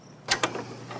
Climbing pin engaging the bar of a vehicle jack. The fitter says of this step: here that little click that means it's ready for the next pressure stroke